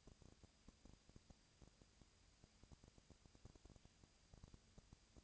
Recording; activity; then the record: daily activity, microphone in the room; no activity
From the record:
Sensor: 2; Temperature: 20.1 degrees Celsius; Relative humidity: 35.5%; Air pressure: 996.9 hPa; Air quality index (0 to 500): 197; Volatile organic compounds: 30 ppm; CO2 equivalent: 2958 ppm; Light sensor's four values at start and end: 2/3/2/2 and 2/3/2/2